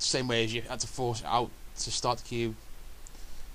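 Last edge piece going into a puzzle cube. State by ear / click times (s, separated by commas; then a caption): seated / 3.1 s. Someone talks while the last plastic edge piece of a disassembled puzzle cube is forced back into place to finish reassembly. A short, sharp click at 3.1 s marks the piece seating, completing the rebuilt cube.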